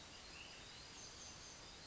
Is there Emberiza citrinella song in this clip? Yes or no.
no